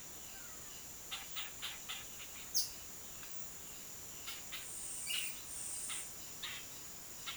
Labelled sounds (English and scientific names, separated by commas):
Epaulet Oriole (Icterus cayanensis)